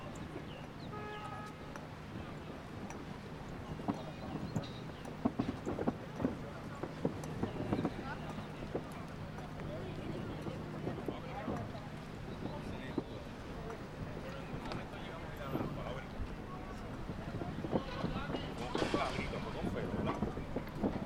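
Street sounds from a walk around Willemstad, Curacao: a steady low hum runs underneath, with scattered voices and frequent short knocks and clatters throughout. Wind buffets the microphone at times, and a brighter hiss swells briefly near the end.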